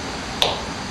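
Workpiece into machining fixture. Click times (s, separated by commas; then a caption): 0.4 s. A workpiece is matched to its fixture on a machining station and locked into place. A single sharp snap is heard at 0.4 s over steady background noise, and the part is seated in the fixture.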